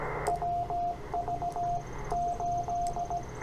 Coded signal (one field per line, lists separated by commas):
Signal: Morse code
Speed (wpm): 16 wpm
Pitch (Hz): 700 Hz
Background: radio noise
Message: WV8